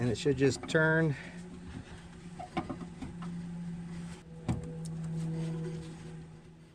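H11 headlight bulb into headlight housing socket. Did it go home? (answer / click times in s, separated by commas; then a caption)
yes / 4.5 s. An H11 halogen headlight bulb is inserted into the headlight housing socket of a GMC Sierra 2500 HD truck and turned until its bayonet base locks. Someone talks, then there are brief clicks and handling sounds at 2.6 and 3.2 seconds before a sharp click at 4.5 seconds as the bulb seats and locks into place. A steady low hum continues underneath throughout.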